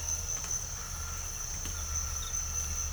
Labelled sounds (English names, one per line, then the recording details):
none
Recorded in pastures near Puerto Asís, Putumayo, Colombia, on 22 December 2024 at 05:30
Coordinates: 0.497, -76.327
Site G088